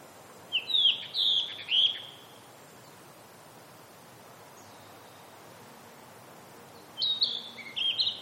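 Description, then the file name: Blue-and-white flycatcher song: a varied whistled phrase of slurred notes, then about five seconds of quiet, then another phrase of clear whistles. "oruri"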